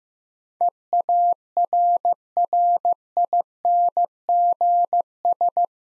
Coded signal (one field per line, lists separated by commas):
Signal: Morse code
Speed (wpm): 15 wpm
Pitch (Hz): 700 Hz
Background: none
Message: EARRINGS